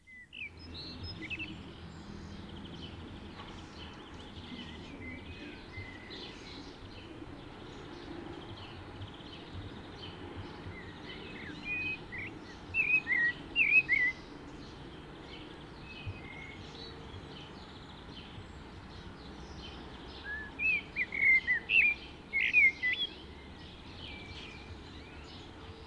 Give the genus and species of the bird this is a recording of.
Turdus merula